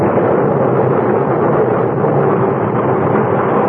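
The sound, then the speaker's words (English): A ship blowing apart from stem to stern after black smoke shoots from her bow, rendered as a loud, sustained roar of dense rumbling noise that holds steady for several seconds without easing, with no voices over it. “And within moments, a great explosion blew her apart from stem to stern.”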